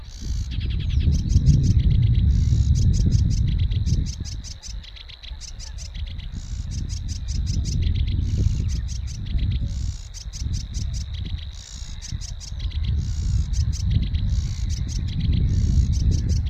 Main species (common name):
Sedge Warbler